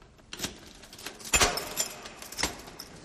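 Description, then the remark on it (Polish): Metallic keys jangle and scrape as they stick in a door lock, with several bright, clattering bursts, the loudest in the middle, over a quiet background with no talking. “Klucze w zamku się zacinają, ale siłą woli opuszczam zamek i spuszczam wodę z fosy.”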